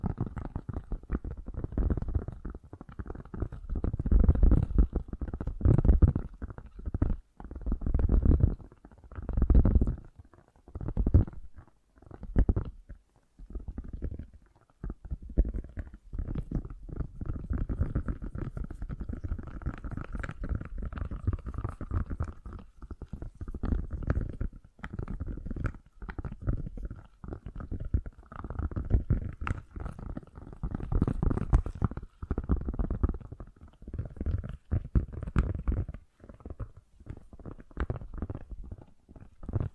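Fast, gentle tapping runs through the whole recording, soft and mostly low, with a muffled, rumbling quality. The taps come in quick dense bursts with brief pauses in the first half, then settle into a steadier, continuous patter after about fifteen seconds.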